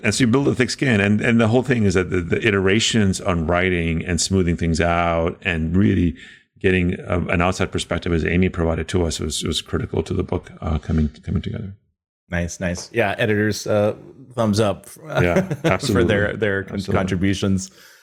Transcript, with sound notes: as you build a thick skin-and the whole thing is that the iterations on writing and smoothing things out, and really getting an outside perspective, as Amy provided to us, was critical to the book coming together.
Nice. Nice. Yeah, editors, thumbs up-
Yeah. Absolutely. Absolutely. [laughs]
for their contributions.